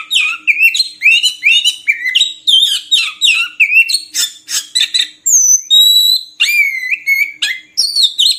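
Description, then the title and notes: Oriental magpie-robin pouring out an almost unbroken string of bright, varied whistles and slurred notes, with a few clear, pure whistles toward the end. Long-duration 'isian' (fill-in) song material of kacer, meant to get birds singing constantly ('gacor') by day and night. "Kacer Jadi Gacor Siang Malam. Isian Kacer Durasi Panjang"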